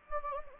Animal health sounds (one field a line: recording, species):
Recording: mosquito wingbeat signal from an infrared sensor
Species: Anopheles gambiae